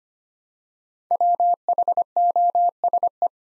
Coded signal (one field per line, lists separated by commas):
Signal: Morse code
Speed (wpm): 25 wpm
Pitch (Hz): 700 Hz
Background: none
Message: WHOSE